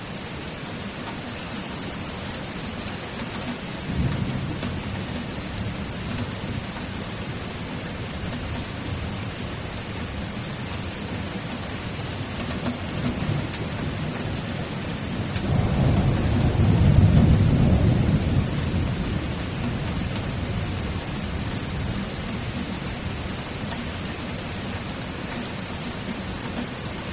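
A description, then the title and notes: Steady, dense rainfall hisses evenly throughout, full from low to bright. A low rumble swells briefly around four seconds and again more strongly from about fifteen to nineteen seconds, before the rain settles back to its constant patter. Relaxing Rainfall. Calming rain sounds. Soothing rainfall.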